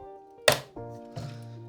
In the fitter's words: And you should hear the click.